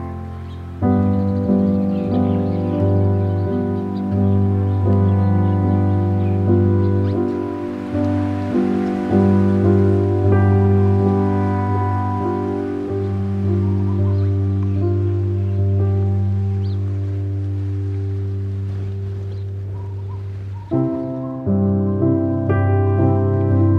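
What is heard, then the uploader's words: A soundwalk in Kapalua, Maui, Hawaii, dominated by a steady, low droning hum made of many layered tones that holds for the whole clip. A soft hiss swells around eight to ten seconds, and near twenty-one seconds the drone briefly dips and shifts. This soundwalk was captured in Kapalua, Maui, Hawaii.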